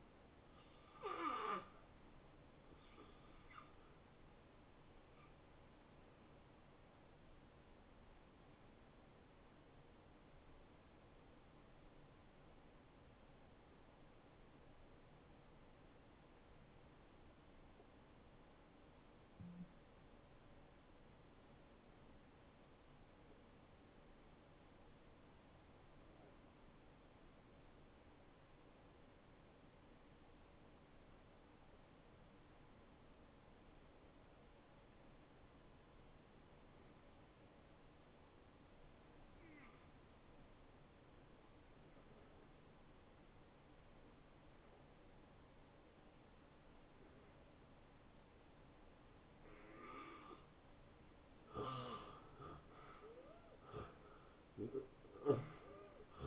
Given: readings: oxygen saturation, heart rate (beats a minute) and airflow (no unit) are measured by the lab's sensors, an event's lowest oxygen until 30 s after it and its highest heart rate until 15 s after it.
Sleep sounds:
breathing in sleep by a voice recorder at the bedside; 1
8.00-49.70 s: hypopnea (N1, oxygen 92% highest, then 79% lowest, heart rate 85 at the start, 88 highest)
From the record:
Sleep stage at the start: N1 (lightest sleep); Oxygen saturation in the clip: 78 to 92%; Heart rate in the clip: 58 to 85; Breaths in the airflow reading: 18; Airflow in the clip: -22.5 to 9.1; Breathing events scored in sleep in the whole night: 263 in 5.5 hours asleep

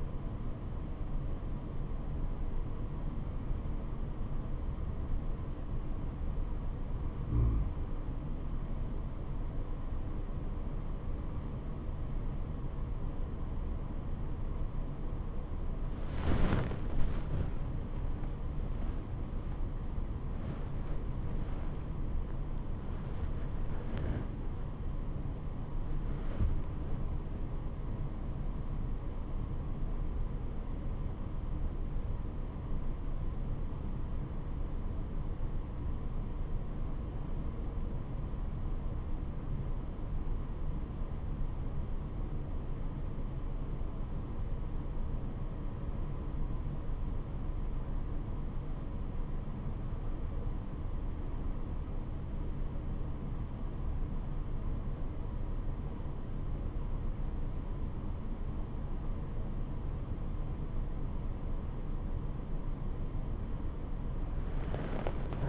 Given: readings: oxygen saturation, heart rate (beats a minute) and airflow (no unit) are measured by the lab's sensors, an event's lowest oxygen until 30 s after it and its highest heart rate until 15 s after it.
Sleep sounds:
breathing in sleep by a smartphone at the bedside; 1
19.00-61.00 s: hypopnea (N1, oxygen 98% highest, then 95% lowest, heart rate 83 at the start, 89 highest)
From the record:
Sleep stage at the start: N1 (lightest sleep); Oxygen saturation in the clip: 84 to 98%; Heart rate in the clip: 72 to 89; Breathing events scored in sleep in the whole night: 426 in 7.4 hours asleep

